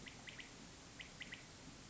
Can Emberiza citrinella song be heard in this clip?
no